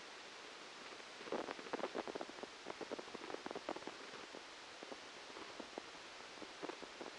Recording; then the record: brain microelectrode recording played as sound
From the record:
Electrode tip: outside the subthalamic nucleus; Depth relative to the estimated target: -10 mm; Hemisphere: left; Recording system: NeuroSet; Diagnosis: Parkinson's disease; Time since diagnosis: 13 years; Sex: male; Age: 63 years